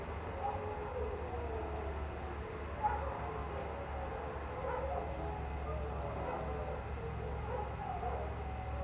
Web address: Omar Alvarado - Minimal ambiences ambience outdoors late night, cold winter air, pack of canine howling into the night and man made water fountain